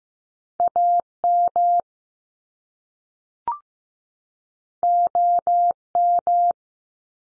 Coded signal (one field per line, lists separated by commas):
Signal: Morse code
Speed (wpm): 15 wpm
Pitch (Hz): 700 Hz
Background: none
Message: A M O M